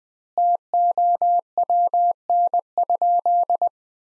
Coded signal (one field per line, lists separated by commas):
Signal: Morse code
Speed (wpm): 20 wpm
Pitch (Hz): 700 Hz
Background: none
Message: TOWN?